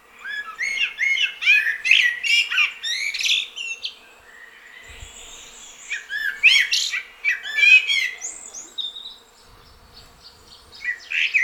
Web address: SETE data Turdus merula